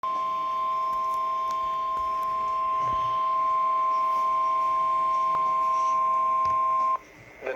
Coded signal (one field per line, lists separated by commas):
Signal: Emergency Alert System (SAME) tones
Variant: 1050 Hz attention tone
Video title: EAS #431: SVR